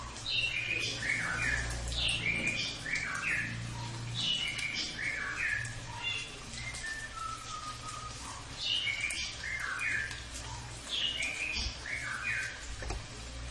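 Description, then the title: Cililin singing bright, varied chirped phrases in clusters separated by brief pauses, with a constant low droning hum underneath. Recording for training birds (masteran) that can also serve as a lure (pancingan) to attract the bird. "MASTERAN AMPUH SUARA BURUNG CILILIN BISA JUGA PANCINGAN CILILIN"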